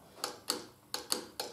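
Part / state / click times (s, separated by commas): torque wrench on a motorcycle fork fastener / torque reached / 0.2 s, 0.5 s, 0.9 s, 1.1 s, 1.4 s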